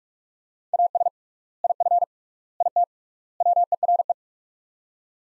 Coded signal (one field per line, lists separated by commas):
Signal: Morse code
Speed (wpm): 48 wpm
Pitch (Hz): 700 Hz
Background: none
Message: AS IF IT WERE